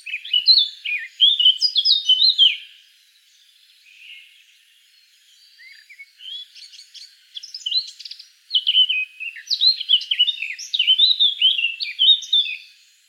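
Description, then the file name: Eurasian blackcap song in bright warbled bursts, with a soft mutter in the middle and then several energetic phrases of quick, tumbling notes. "Sylvia atricapilla"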